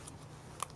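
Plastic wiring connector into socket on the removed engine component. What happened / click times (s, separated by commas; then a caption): The connector clicked home / 0.6 s. A plastic wiring connector is pushed onto its socket on an alternator/generator removed from a Ford Focus 1.5 TDCi MK3 and now out of the car. After a faint tick at 0.1 s against a low steady hum, the connector seats with a sharp, bright click at 0.6 s, and it is in.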